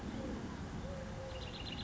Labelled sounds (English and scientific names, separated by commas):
Eurasian Collared Dove (Streptopelia decaocto)